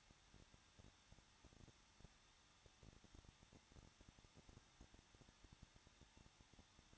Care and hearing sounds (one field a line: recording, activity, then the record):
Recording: daily activity, microphone in the room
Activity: no activity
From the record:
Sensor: 3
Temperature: 21.2 degrees Celsius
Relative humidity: 36.4%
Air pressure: 1006.3 hPa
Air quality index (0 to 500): 222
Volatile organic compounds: 41 ppm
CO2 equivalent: 3172 ppm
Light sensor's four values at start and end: 2/3/2/2 and 2/3/2/2